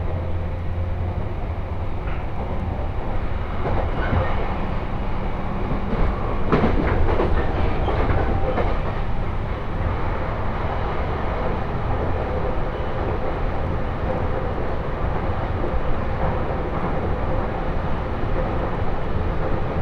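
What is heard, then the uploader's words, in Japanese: A train ride on the Tohoku Main Line, with a steady low rumble and rushing noise running the whole time. Faint rhythmic rattles and clicks come through, with a louder burst of clatter around six to eight seconds before the ride settles back. 鉄道旅 東北本線 福島→北白川。列車はこの途中で福島県から宮城県へと入っていきます。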